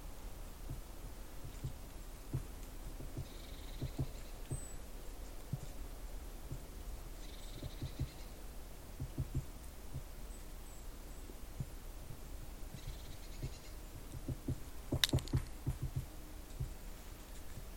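Listening with an ear to the woodpecker's tree: dull, low knocks and thuds come irregularly through a steady murmuring rumble, with one sharper crack near the fifteenth second. Faint, brief bird calls surface a few times in the background.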